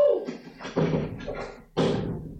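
Several heavy knocks on a door in a TV drama scene, dull thuds spaced unevenly, with a faint hum lingering between them and no voices over the top.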